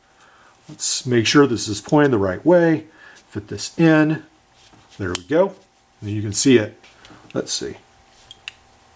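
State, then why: Seated. Someone talks while fitting a reshaped T-shank adapter blade into a folding Leatherman Wave multi-tool and folding it until the lock engages. A sharp click at 8.5 s marks the adapter snapping into place.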